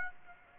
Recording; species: mosquito wingbeat signal from an infrared sensor; Aedes aegypti